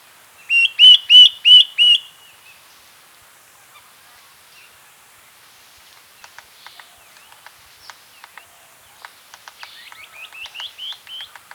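Common woodshrike calls: several loud, clear, ringing notes in quick succession, then a pause, then a run of soft clicks and faint chattering notes.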